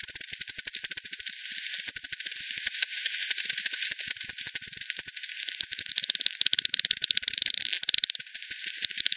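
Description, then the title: Several bats clicking: a continuous stream of fast dry ticks over a low background hiss. Multiple bats at Hogsmill River by Hogsmill Lane, 7 October 2020 at 18:10; frequency-division bat detector recording (FD10), band-pass filtered and resampled. "WW bat 20201007 T 18 : 10 Z-Hogsmill-Lane-Hogsmill-River-multiple-bats"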